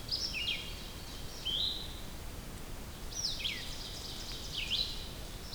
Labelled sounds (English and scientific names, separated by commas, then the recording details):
Red-eyed Vireo (Vireo olivaceus) song
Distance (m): 25 m
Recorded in boreal forest in Alberta, Canada, on 2 June 2016 at 06:39
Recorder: SongMeter 3, array SBT-3-7
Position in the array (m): 117 m, 159 m